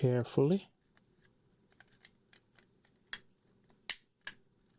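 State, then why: Seated. Someone talks briefly, then the plastic halves of a fan-cooled ABS case from a Vilros Raspberry Pi 4 starter kit are pressed together around the Raspberry Pi 4 board, with faint handling sounds in between. Sharp snaps are heard at 3.1 s, 3.9 s and 4.3 s as the case parts snap into place and seat.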